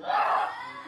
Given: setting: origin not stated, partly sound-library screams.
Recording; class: one-second piece from a danger detection set; woman in danger